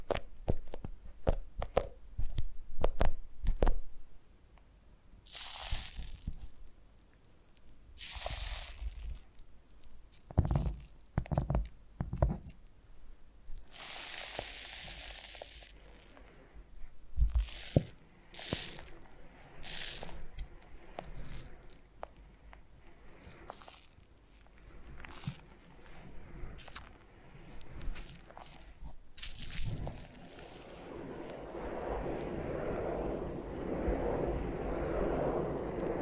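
Foam being squeezed and rubbed in uneven strokes, with crackly, squishy rustles and short sharp scrapes that come in bursts every second or two. Some strokes are bright and hissy, others dull and soft. After about 30 seconds it turns into a steady, rougher rubbing hiss.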